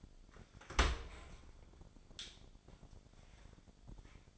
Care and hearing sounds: daily activity, microphone in the room; open dishwasher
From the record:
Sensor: 5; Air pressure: 1006.9 hPa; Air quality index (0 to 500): 181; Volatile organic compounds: 5 ppm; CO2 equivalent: 1732 ppm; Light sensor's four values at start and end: 53/149/58/59 and 54/150/59/59

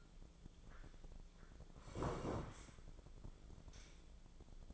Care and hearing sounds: daily activity, microphone in the room; sit down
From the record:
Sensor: 5

